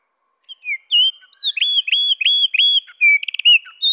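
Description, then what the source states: Eurasian wren song, lowered in pitch: a string of clear hooked notes, then a brief rapid trill and a high closing note. Pitched down one octave.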